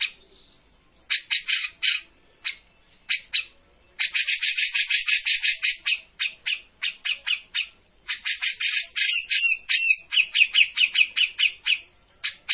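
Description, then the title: Grey-cheeked bulbul repeating coarse, buzzy chatter in fast uneven runs, some stretches merging into continuous scratchy noise. Made as a master (masteran) for training cage birds; bird in lively vocal form (gacor). "Cucak Jenggot Gacor. Masteran burung cucak jenggot ! Suaka burung"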